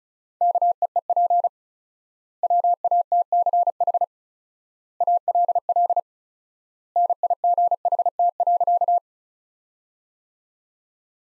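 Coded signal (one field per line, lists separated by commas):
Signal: Morse code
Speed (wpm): 36 wpm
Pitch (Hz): 700 Hz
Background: none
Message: KEEP WATCH ALL NIGHT.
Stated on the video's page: Morse practice sentences from the top 300 words at 35 wpm with 4x word spacing, a word-based analogue of Farnsworth spacing.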